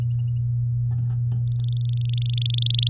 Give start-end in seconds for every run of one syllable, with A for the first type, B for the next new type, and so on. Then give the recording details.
1.44-2.89 A. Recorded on 9 May 2018 at 06:41. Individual llb16